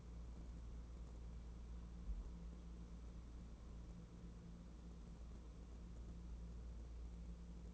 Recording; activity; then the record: daily activity, microphone in the room; wipe stove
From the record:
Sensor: 1